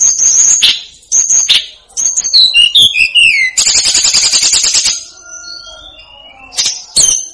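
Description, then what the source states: Snowy-browed flycatcher singing high, sweeping whistles and a dense buzzy chatter, pausing briefly before a few final high notes. Masteran for training cage birds.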